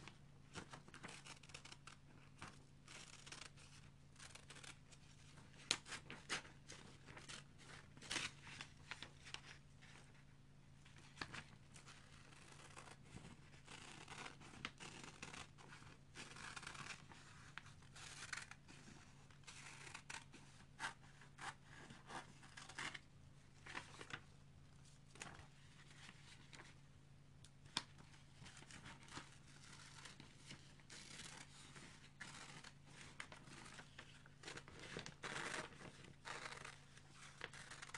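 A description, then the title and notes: Newspaper being cut, heard as a dense run of short crisp snips and rustles that continue throughout with no long pauses. A steady low hum sits underneath the whole time, and a few sharper clicks stand out near six and twenty-eight seconds. Cutting newspaper.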